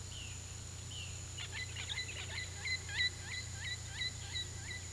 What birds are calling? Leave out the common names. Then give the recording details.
Cyanocorax violaceus, Amazona amazonica. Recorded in pastures near Puerto Asís, Putumayo, Colombia, on 18 February 2024 at 08:30. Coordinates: 0.486, -76.323. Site G6462